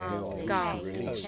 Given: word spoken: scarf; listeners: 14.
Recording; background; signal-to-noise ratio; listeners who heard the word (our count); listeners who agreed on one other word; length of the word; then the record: one English word in noise, from a listening test; four-talker babble; 0.1 dB; 7 of 14; 7 of 14; 0.88 s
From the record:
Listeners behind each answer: 7, 7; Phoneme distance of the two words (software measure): 7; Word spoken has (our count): 1 syllable, 4 phonemes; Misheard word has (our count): 1 syllable, 3 phonemes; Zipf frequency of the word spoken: 3.76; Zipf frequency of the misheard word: 3.60